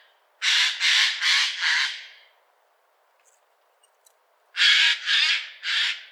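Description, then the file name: Eurasian jay uttering loud, hoarse rasping screeches in a quick burst of four, silence for about two seconds, then three more. "Garrulus glandarius"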